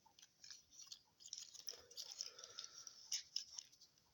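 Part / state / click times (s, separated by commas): plastic tab of a transforming toy figure into its mating slot / not seated / none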